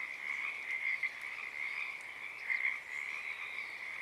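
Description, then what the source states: Pacific tree frog chorus, many frogs croaking together in an unbroken rattling drone, with a few louder calls standing out. Wild chorus starting and stopping, Oaks Bottom Wildlife Refuge, Portland, Oregon, USA, morning of Friday April 7 2023, uncommon at that time of day.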